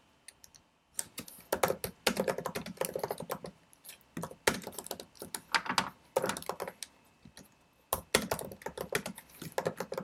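Studying with pencil and computer: quick, irregular bursts of keyboard typing with short pauses, over a faint steady hiss throughout.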